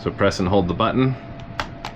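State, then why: Released. Someone talks while pressing and holding the release button on a detachable controller and sliding it down the rail of the plastic body of a handheld gaming PC. Two sharp clicks sound at 1.6 s and 1.9 s as the controller unlatches and is released from the handheld.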